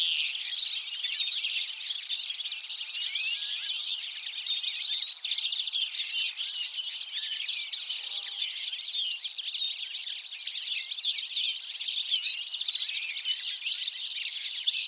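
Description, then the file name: European goldfinch calls in a busy stream of overlapping high chirps and twitters, steady and unbroken. "Carduelis carduelis"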